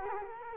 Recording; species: mosquito wingbeat signal from an infrared sensor; Culex quinquefasciatus